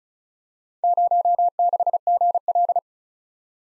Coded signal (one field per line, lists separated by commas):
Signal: Morse code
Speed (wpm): 36 wpm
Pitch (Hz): 700 Hz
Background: none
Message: 06GL